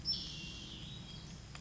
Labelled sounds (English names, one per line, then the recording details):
Western Flycatcher
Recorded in Sonoma County, California